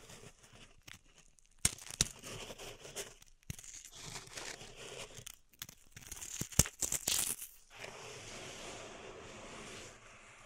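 Pink salt zen garden sounds: gritty scraping and crinkling bursts of granules being raked and shifted, with sharp clicks and ticks. Activity comes in irregular clusters separated by brief silences, busiest around six to eight seconds, then settling into a soft, steady hiss.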